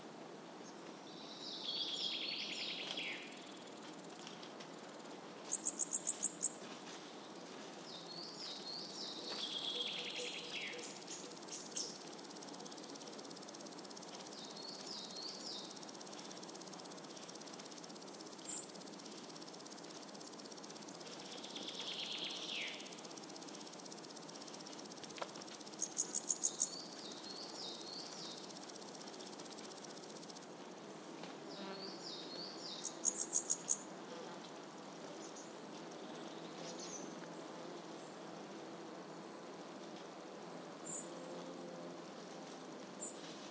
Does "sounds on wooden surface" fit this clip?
no